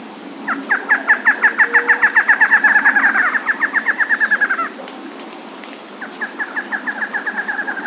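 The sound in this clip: Bird calling in rapid runs of crisp, descending notes, a four-second burst of about twenty-five, a pause, then a softer second run, with a constant high-pitched whine behind.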